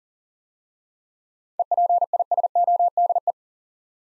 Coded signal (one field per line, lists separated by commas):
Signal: Morse code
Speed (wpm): 38 wpm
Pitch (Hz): 700 Hz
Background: none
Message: EPISODE